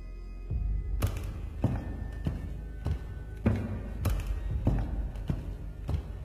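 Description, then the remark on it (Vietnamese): Footsteps sound outside in a steady walking rhythm, about nine firm, dull thuds evenly spaced, each with a short scuffing tail. No voices are heard. “Đột nhiên ở ngoài có tiếng bước chân vang lên.”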